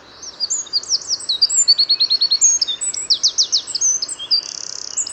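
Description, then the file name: Eurasian wren singing a fast, loud string of high trills, sharp notes and rattling phrases, ending in a buzzy run. "Troglodytes troglodytes"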